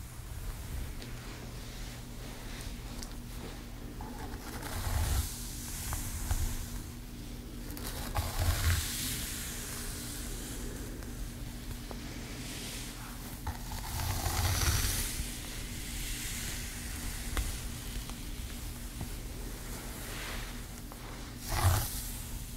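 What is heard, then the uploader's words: A steady low motor hum runs under the whole clip, like a hair dryer. Soft, bright brushing swishes swell over it every few seconds, near 5, 8, 14 and 21 seconds, the last one the loudest. ASMR Gentle Hair Styling • Realistic ASMR • No Talking • Brushing, Shampoo, Blowdry, Scissors, Flat Iron.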